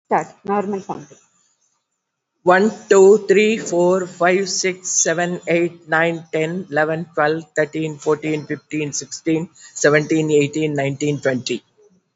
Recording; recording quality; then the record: counting at a normal pace; excellent, no background noise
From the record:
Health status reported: COVID-19 positive, mild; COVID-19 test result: positive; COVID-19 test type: RT-PCR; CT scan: not taken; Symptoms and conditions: cough, cold, fatigue, muscle pain, hypertension, diabetes, another condition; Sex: female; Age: 72 years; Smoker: no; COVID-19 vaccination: both doses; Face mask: not worn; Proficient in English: yes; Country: India